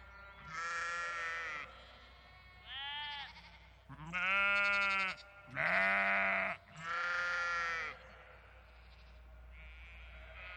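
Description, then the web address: Sheep bleating: five harmonic-rich bleats, most about a second long, with brief quiet gaps and a fainter bleat at the end. Sheep and lambs bleating in a field, countryside farmland, daytime. "Tom Hutchings. Field Of Sheep And Lambs Bleeting Countryside Daytime Farming"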